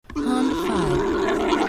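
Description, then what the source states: Alpaca mating call, a continuous low groaning, gurgling drone held for nearly two seconds with a rough, throaty tone. Male alpaca, mating call.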